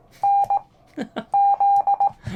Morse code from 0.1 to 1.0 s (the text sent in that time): N